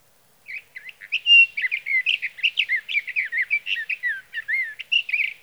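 Sage thrasher song, a long continuous warble of rapid varied notes, chattering phrases and slurred whistles packed closely together without pause.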